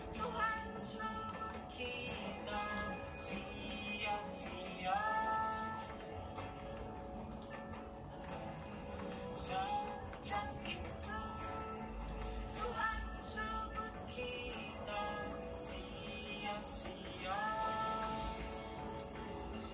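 A song plays steadily in the background, its held melodic notes rising and sliding every few seconds, possibly with a voice. Sharp little clicks and taps are scattered over it, like keyboard keys or light drips, above a soft constant hiss.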